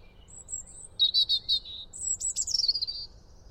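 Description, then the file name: European robin song: a high whistle, a run of quick repeated notes, then a fast trill that slides downward, against faint hiss. "Erithacus rubecula"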